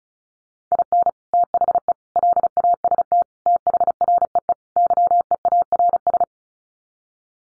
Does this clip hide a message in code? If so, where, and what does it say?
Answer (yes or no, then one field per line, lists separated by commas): yes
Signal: Morse code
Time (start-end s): 0.7-6.2 s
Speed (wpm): 34 wpm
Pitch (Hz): 700 Hz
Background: none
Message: IN THE LAST THREE YEARS